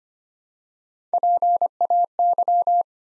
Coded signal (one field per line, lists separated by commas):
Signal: Morse code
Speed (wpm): 25 wpm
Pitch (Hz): 700 Hz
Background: none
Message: PAY